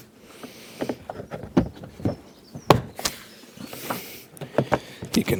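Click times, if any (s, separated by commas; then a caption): 2.7 s. The final plastic panels of a Livarno Home small resin garden storage box from Lidl are pressed together into the box frame during assembly, with scattered knocks and rustling throughout. A sharp click at 2.7 s marks the panels locking into place, followed by further knocks around 3.1 s and 4.7 s. The panels are seated.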